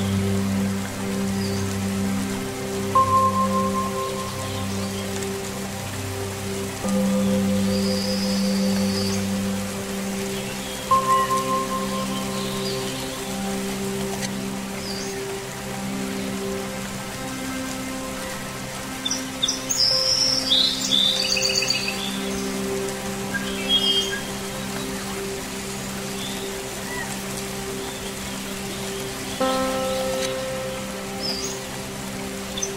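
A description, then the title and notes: Steady rain patters throughout while Tibetan singing bowls ring in long, sustained tones, with fresh strikes near 3, 11 and 29 seconds. Scattered bird chirps rise above the rain now and then, clustering around 20 seconds, then trailing off. Rain Sounds with Tibetan Singing Bowls and Birds chirping.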